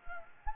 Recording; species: mosquito wingbeat signal from an infrared sensor; Anopheles gambiae